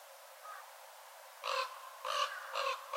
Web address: watarigarasu